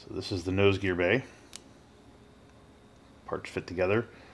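Plastic nose gear bay parts from a 1/48 scale Meng F-4G Wild Weasel model kit are handled and pressed toward their mating kit part while someone talks. A short faint tick is heard at about 1.6 s, followed by quiet, then more talk. The part has not seated or snapped into place yet.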